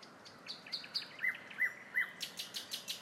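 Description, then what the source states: Nightingale song fragment: a string of sharp repeated notes with a few faint higher whistles. Song of a nightingale recorded in a town.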